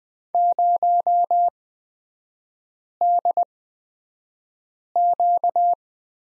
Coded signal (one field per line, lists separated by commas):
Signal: Morse code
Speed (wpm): 20 wpm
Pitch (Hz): 700 Hz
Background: none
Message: 0DQ